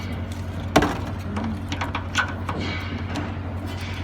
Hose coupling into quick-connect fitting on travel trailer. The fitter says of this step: so once you get that locked into place coming towards the back here